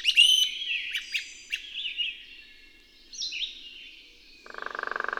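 Bird song of high chirps and whistled slurs, with quick sharp notes at the start, then a rapid pulsed sound entering near the end.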